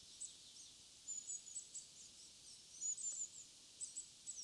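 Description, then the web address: Coal tit giving thin, very high twittering call notes in short scattered bursts, some slurred, over steady faint background hiss. Recorded in Sapporo on 19 March 2011. "koe higara 110319 sapporo namba"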